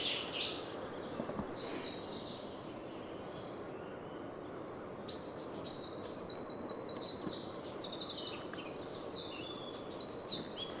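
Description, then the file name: Eurasian wren song, faint high notes at first, then a long dense bout of rapid high trills, over a noisy background. "Troglodytes troglodytes"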